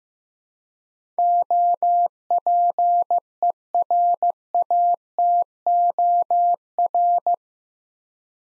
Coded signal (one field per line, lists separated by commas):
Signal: Morse code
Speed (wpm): 15 wpm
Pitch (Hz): 700 Hz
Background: none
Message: OPERATOR